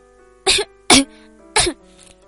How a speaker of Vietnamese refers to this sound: Tiếng Mạnh Văn Yên ho khan truyền ra, dường như là bị gây mũi bởi một hồi thối khiến nàng sặc sụa.